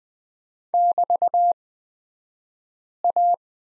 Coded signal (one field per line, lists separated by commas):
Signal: Morse code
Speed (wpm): 20 wpm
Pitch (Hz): 700 Hz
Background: none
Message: <BT>A